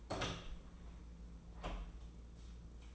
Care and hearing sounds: daily activity, microphone in the room; open door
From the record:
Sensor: 1

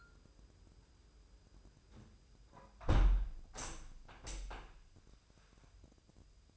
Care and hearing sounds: daily activity, microphone in the room; close window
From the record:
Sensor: 2

